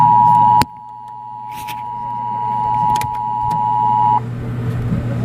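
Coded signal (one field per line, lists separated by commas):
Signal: Emergency Alert System (SAME) tones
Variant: 853 and 960 Hz attention tone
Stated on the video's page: Tropical storm warning urgent bulletin received on TV.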